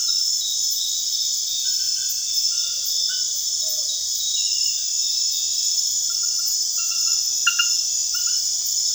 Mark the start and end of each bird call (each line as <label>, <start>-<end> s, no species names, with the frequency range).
bird call (0.2-1.1 kHz), 3.51-4.01 s